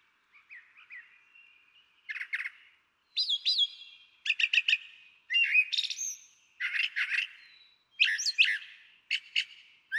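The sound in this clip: Brown Thrasher song starting softly, then louder varied phrases of doubled notes, buzzy trills and slurred whistles delivered in quick succession.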